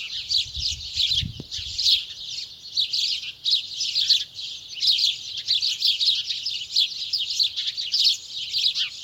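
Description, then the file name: House sparrows chirping together in a continuous, busy chorus of short notes, with a brief low knock early on. "Passer domesticus"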